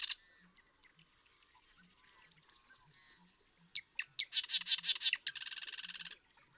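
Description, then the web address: Marsh Wren singing: a faint dry rattle, then a few clicking lead-in notes followed by two loud, rapid, buzzy trills in quick succession. "birdsongforthecurious Marsh Wren"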